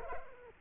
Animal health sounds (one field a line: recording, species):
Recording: mosquito wingbeat signal from an infrared sensor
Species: Culex quinquefasciatus